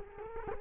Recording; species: mosquito wingbeat signal from an infrared sensor; Culex quinquefasciatus